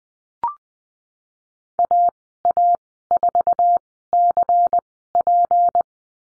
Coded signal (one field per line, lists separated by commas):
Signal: Morse code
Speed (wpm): 20 wpm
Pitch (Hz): 700 Hz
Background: none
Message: AA4CP